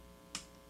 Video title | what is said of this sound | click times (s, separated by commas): PowetToys: Animated Blackout | and snap on to the bottom it's very slight snap but it locks in place pretty well | 0.3 s